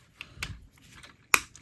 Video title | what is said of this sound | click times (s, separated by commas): Moon Studios MS-04 Moon Shine Review | and everything's going to click into place bring it down bring the flap down and there you have | 1.3 s